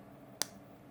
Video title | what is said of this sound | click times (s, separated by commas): [FHD]S6 뒷판 투명화 작업(이라 쓰고 막노동 노가다라 읽는다) | 그건 제자리 에 딱 들어맞았어 | 0.4 s